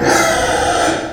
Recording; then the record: squeal of a Yucatan mini pig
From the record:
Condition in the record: before surgery on the right vocal fold (resection and tissue-engineered implant); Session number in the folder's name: 3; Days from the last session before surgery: 0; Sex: female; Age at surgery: 19 weeks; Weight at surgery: 25 kg